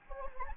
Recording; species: mosquito wingbeat signal from an infrared sensor; Anopheles gambiae